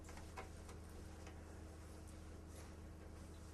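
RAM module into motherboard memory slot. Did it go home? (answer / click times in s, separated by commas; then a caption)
no / none. A second RAM stick is lined up over the same-color memory slot on the other side of the motherboard before being pushed down, heard as faint, soft handling ticks over a steady low hum. Nothing has seated or clicked yet.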